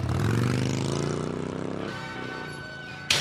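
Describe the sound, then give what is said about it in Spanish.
A motorcycle engine revs loudly and pulls away, its buzzing drone steadily dropping in pitch and growing quieter over a few seconds, ending with a sudden short noise burst. “ya le veo arrancando la moto.”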